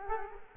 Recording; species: mosquito wingbeat signal from an infrared sensor; Culex quinquefasciatus